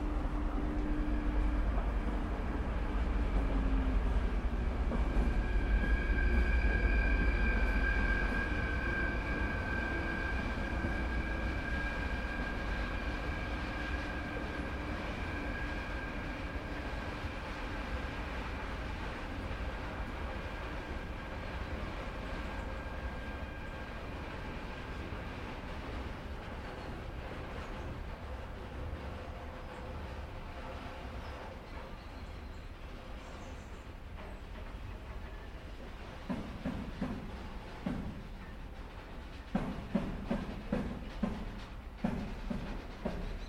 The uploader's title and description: Old-Fashioned Locomotive Ambiance. The rhythmic chugging of old-fashioned locomotives and the resonant echoes of steam-powered engines